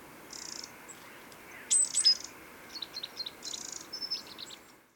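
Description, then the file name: Great tit calls: short, high, thin notes in clusters, with a couple of brief sharp whistled notes near the middle and again later, over a steady low hiss. "Parus major"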